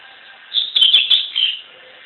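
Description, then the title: Double-collared seedeater giving a short, lively phrase of high chirps and clicking notes, trailing off softly into a faint hiss. "Canto Coleiro"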